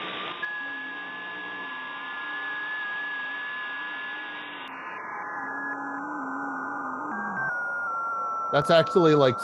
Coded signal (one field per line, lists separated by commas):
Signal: FT8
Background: speech